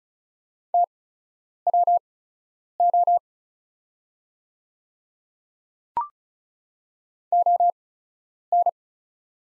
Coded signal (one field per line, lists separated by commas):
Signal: Morse code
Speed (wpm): 36 wpm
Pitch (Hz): 700 Hz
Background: none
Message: TWO ON